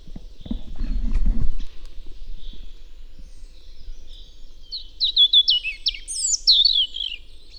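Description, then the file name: European robin singing a brief phrase of high, slurred whistles and trills after a short low rustling thump at the start. "Erithacus rubecula"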